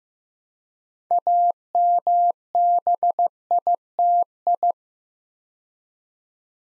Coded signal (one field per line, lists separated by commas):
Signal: Morse code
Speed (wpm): 15 wpm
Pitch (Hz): 700 Hz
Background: none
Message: AMBITI